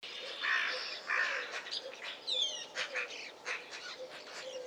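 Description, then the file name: Eurasian magpie harsh calls: two broad, rasping bursts in the first second and a half, followed by shorter chattering notes and a few thin descending whistles. "Pica pica"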